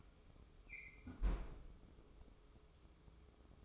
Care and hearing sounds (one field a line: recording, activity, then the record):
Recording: daily activity, microphone in the room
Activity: close fridge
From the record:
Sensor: 1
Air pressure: 995.3 hPa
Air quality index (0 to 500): 25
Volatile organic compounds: 0 ppm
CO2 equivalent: 501 ppm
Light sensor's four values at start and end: 19/62/23/25 and 19/62/23/25